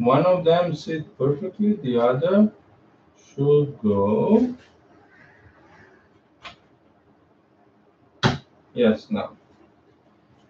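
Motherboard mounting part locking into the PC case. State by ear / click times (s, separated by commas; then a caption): seated / 6.5 s. A motherboard mounting part is pushed home while the motherboard is installed in a PC case, and someone talks before and after. A single sharp click at 6.5 seconds marks the part locking into the case and holding the board in place.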